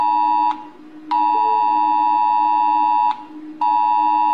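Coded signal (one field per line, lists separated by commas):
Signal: Emergency Alert System (SAME) tones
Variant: 853 and 960 Hz attention tone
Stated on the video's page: Collection of alarm sounds made by others, not the uploader's recordings.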